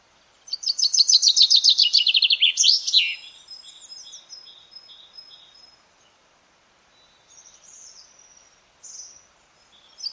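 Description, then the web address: Common chaffinch song: a cascading trill of rapid notes descending in pitch and closing with a flourish, then quieter thin calls and chirps. "Deverinetal"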